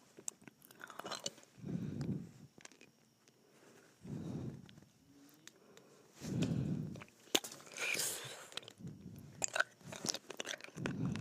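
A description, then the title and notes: Someone sucks on and bites ice, with soft wet slurping swells recurring about every two seconds. Sharp crunchy cracks and clicks break in between, loudest near the eight-second mark, where a bright crackling burst stands out. ASMR Sucking and Biting Ice.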